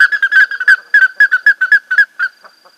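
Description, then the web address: Plumbeous ibis calling in a quick burst of strident whistled notes, closely spaced and slightly uneven, ending with a trailing faint tone. "Plumbeous ibis. صدای-پرنده-اکراس-سربی"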